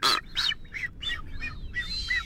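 Greater Flamingo calls: a run of several nasal, goose-like honks, some sliding in pitch.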